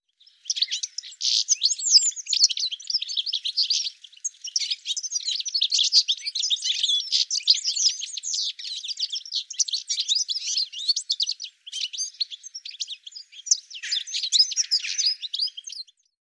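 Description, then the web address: Bird calls in a dense, continuous chatter of high chirps and twitters, with many overlapping short notes throughout. "Deverinetal 2025 File cleaned normalized Bird"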